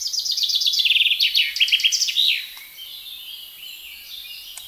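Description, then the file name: Common chaffinch song, a quick descending trill of crisp repeated notes finishing in an emphatic flourish, then a quiet background. "Fringilla coelebs"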